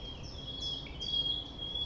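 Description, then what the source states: Common nightingale song: a few short whistled phrases with a thin steady high tone running throughout. Sung at sunrise, 6 a.m., near the Thève river at Champ de Ménage; the nightingale sings without waiting for silence.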